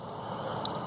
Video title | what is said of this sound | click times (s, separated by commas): Outside 1 | over in it and it's locked into place | 0.7 s